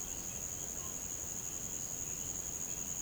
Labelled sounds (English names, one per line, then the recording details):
none
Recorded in pastures near Puerto Asís, Putumayo, Colombia, on 22 June 2025 at 09:30
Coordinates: 0.472, -76.331
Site G095